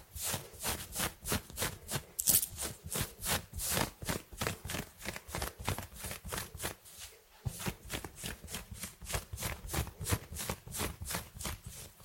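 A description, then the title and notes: Fast, aggressive fabric scratching in quick, regular rough strokes that hiss brightly, continuing steadily with one brief pause around seven seconds. ASMR fast and aggressive fabric scratching.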